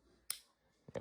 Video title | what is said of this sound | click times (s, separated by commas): Part 13 of the Lego McLaren p1 | That one had a pretty nice click. The other one was nicer. | 0.3 s